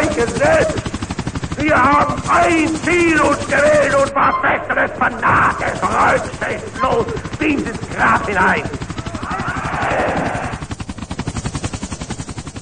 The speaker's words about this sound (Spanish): Estamos escuchando algunos helicópteros que se están acercando. Esperemos que no sea lo que está anunciando el jefe de la DEA.